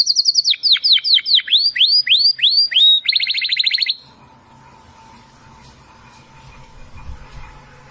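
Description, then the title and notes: Domestic canary singing repeated swooping whistles and a fast high trill for four seconds, then quiet with a faint hum. Belgian canary singing; labelled "Campainha". "Canário Belga Campainha Canary Singing. Canario Belga Cantando"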